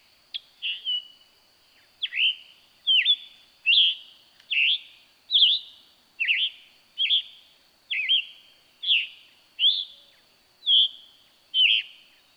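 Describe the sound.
Scarlet tanager song: hoarse, burry phrases in a steady chain, roughly one every 0.8 seconds, with a brief pause early on; no other sounds.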